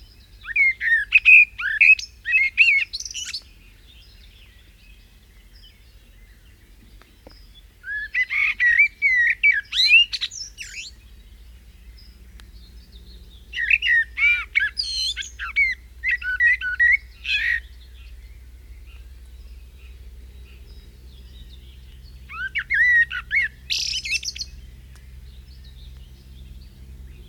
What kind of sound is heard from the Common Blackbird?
song